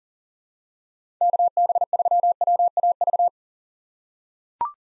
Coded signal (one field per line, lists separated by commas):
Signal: Morse code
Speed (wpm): 40 wpm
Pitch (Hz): 700 Hz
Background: none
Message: KB3WAV